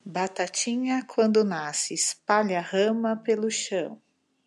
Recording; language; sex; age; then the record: short text; Brazilian Portuguese; female; 30 to 39 years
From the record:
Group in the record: control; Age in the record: 39 years